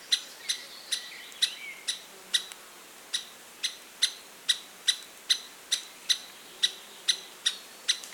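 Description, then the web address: Lesser spotted woodpecker calls as a steady run of many shrill, even kee notes throughout. Recorded 3 June 2023. "fagelljud 20230603 mindre hackspett"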